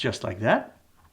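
A small lock tab on a 120 film insert in the back of a Pentax 645 medium format camera is being handled, with the tab about to be folded down flat against the camera back. Someone talks over the handling, and the sound fades to near silence. Nothing has seated or snapped into place yet.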